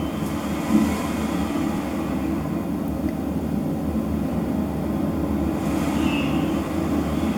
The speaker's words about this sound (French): Le vent souffle au dehors.